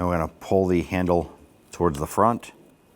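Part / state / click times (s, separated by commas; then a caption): exterior door handle into the door handle frame on an SUV door / not seated / none. An exterior door handle is being fitted into the door handle frame on an SUV door of a 2006–2010 Hummer H3 and pulled toward the front, while someone talks throughout. Nothing has seated or clicked yet; the handle has not snapped into place by the end of the clip.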